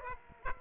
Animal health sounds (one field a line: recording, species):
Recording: mosquito wingbeat signal from an infrared sensor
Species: Aedes aegypti